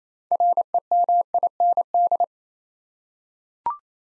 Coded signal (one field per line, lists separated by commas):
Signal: Morse code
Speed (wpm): 27 wpm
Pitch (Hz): 700 Hz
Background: none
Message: REMIND